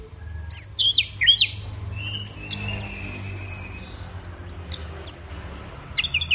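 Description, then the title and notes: Orange-headed thrush singing high twittering phrases mixed with sliding whistles, a pause, then more squeaky notes. Bird in full song, called gacor in Indonesian, used for training songbirds. "Anis Merah Gacor Teler. Kumpulan Suara Burung Anis"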